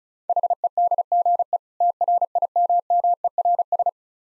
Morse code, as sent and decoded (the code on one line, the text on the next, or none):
.... . -.. --. . / - .-. .. -- -- . .-. ...
HEDGE TRIMMERS